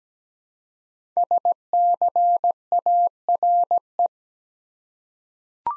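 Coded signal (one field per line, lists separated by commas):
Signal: Morse code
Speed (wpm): 17 wpm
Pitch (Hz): 700 Hz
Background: none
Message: SCARE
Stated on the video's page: Morse practice drill of 5-letter words at 17 wpm, each word sent twice around a spoken version, for head-copy.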